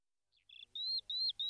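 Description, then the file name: Eurasian skylark song fragment, a few soft chirps followed by three clear, level whistled notes, each slightly falling at the end, with faint low background hum. "Skowronek polny"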